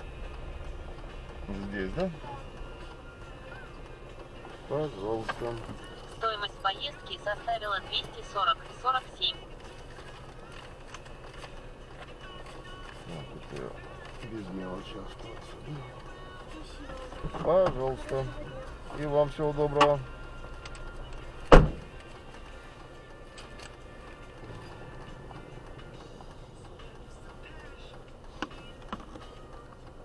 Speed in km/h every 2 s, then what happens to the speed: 10, 3, 5, 1, 0, 0, 0, 0, 3, 0, 0, 0, 0, 0, 2.
0-6 slows to 1. 6-30 standing.